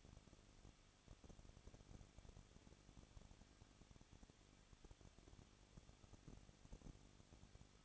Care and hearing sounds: daily activity, microphone in the room; no activity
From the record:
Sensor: 4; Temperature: 23.1 degrees Celsius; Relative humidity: 34.3%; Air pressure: 1007.2 hPa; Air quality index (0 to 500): 212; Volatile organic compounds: 14 ppm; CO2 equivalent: 2452 ppm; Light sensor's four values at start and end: 2/3/1/1 and 2/3/1/1

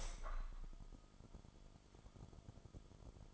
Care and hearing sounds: daily activity, microphone in the room; open window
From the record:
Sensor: 5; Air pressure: 1004.7 hPa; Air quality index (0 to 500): 85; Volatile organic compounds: 2 ppm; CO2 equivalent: 1018 ppm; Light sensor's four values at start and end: 34/79/32/31 and 34/79/32/31

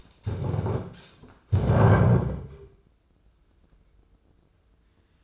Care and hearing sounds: daily activity, microphone in the room; stand up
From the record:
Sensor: 2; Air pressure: 995.8 hPa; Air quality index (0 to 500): 241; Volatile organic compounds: 1000 ppm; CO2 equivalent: 5937 ppm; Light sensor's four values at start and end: 29/69/30/33 and 25/59/26/29

